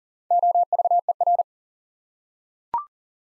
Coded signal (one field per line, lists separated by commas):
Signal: Morse code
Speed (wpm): 37 wpm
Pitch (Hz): 700 Hz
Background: none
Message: OVER